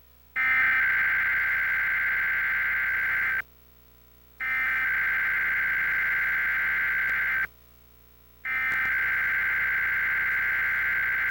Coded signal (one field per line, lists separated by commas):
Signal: Emergency Alert System (SAME) tones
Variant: header bursts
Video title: EAS test from July 28, 2025